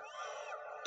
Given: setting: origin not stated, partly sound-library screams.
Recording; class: one-second piece from a danger detection set; woman in danger